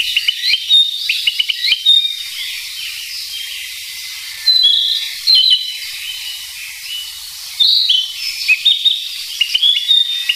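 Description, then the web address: Narcissus flycatcher song: varied phrases of whistles and quick chirps, bursts separated by brief pauses, over constant background hiss. "sikioto. kibitaki"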